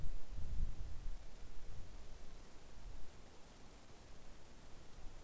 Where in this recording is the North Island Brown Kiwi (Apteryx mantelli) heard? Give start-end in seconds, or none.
none